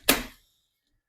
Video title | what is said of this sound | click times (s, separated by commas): I Unboxed This Cordless Snow Shovel From Snow Joe and It Is Junk | Ridges there push it till it clicks | 0.1 s